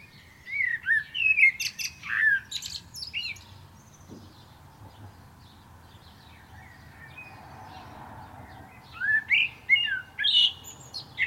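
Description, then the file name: Common blackbird song in two bursts: mellow whistled notes ending in thin high twitters, a quiet gap of several seconds between them, steady low rumble beneath. "Turdus merula"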